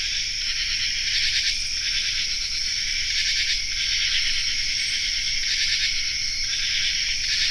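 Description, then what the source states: Common true katydid raspy song in a continuous insect chorus, repeated harsh buzzy bursts over a constant high hiss. Raspy song of the common true katydid in an insect chorus, recorded on a forested hillside in Land of Lakes, Kentucky.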